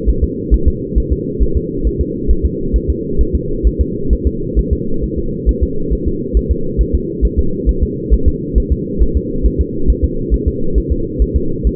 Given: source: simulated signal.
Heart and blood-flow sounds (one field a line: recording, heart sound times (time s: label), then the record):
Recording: fetal heart sounds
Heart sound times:
0.09 s: S1
0.24 s: S2
0.54 s: S1
0.68 s: S2
0.98 s: S1
1.12 s: S2
1.43 s: S1
1.57 s: S2
1.87 s: S1
2.01 s: S2
2.31 s: S1
2.46 s: S2
2.76 s: S1
2.90 s: S2
3.21 s: S1
3.35 s: S2
3.67 s: S1
3.81 s: S2
4.13 s: S1
4.27 s: S2
4.59 s: S1
4.73 s: S2
5.04 s: S1
5.19 s: S2
5.49 s: S1
5.63 s: S2
5.93 s: S1
6.07 s: S2
6.37 s: S1
6.51 s: S2
6.81 s: S1
6.95 s: S2
7.25 s: S1
7.39 s: S2
7.69 s: S1
7.83 s: S2
8.14 s: S1
8.28 s: S2
8.58 s: S1
8.72 s: S2
9.02 s: S1
9.17 s: S2
9.46 s: S1
9.61 s: S2
9.90 s: S1
10.04 s: S2
10.34 s: S1
10.48 s: S2
10.78 s: S1
10.92 s: S2
11.22 s: S1
11.36 s: S2
11.67 s: S1
From the record:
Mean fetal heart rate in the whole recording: 135 bpm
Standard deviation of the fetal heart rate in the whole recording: 3 bpm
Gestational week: 34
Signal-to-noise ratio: -8.1 dB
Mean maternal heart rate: 72 bpm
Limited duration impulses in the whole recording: absent